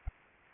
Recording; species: mosquito wingbeat signal from an infrared sensor; Anopheles arabiensis